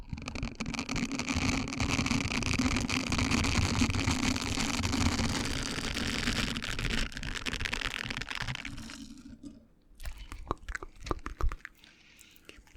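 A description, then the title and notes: Mouth sounds fill the first nine seconds as a dense, steady run of wet crackles and clicks over a low hum. Around nine seconds the sound drops out, then returns as sparser, separate clicks and smacks with short gaps until the end. Super Tingly Mouth Sounds.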